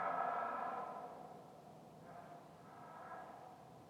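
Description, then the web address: Deer stag roar: a harsh, drawn-out bellow with stacked harmonics that fades, followed by a second, weaker bellow. Several stags roaring repeatedly at a distance; stereo XY recording. "Sound Holder - Roaring Stags animals stags roaring multiple times distant"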